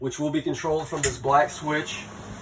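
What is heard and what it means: Someone talks in the bathroom of a Keystone Bullet Premier RV camper, where the glass shower door is being handled to be closed and latched for travel so it won't shatter. The shower door latch has not clicked or seated yet.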